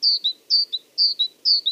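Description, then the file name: Great tit song, four clear two-part phrases, a high drawn note dropping to a shorter lower one, delivered at an even, quick pace. "Parus major"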